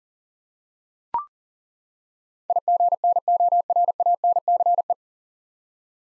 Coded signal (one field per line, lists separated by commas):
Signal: Morse code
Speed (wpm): 38 wpm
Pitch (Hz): 700 Hz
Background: none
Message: IGNORANCE